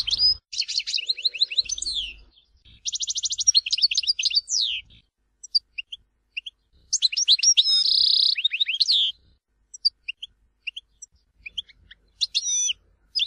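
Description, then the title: European goldfinch song: bursts of jumbled tinkling twitters and buzzes alternating with scattered single notes and silences. "Chant Chardonneret"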